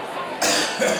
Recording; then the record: coughing mixed with background sound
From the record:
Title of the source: Wet Throat Infection Cough